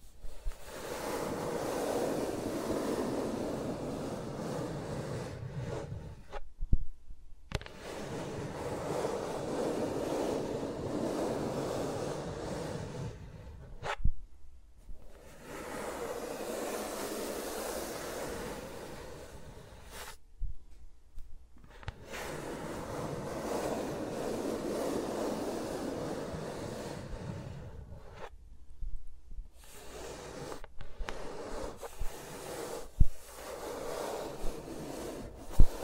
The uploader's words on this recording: ASMR with Mics Around My Fingers (No Talking).